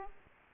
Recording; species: mosquito wingbeat signal from an infrared sensor; Aedes aegypti